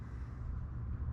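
A bulb socket is handled against the plastic tail light panel of an 1988–1998 Chevy GMT400 pickup, about to be pushed into the tail light housing, where it should work as long as it snaps in. Only a steady low rumble is heard, with no sharp sounds. The clip ends before the part goes home, so nothing has seated or clicked yet.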